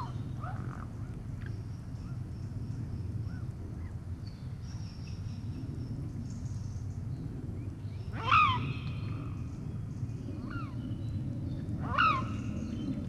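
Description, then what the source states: Eurasian lynx giving two sharp, harmonic calls about four seconds apart, with fainter similar calls before and between them and a steady low rumble throughout. A single lynx recorded while hunting.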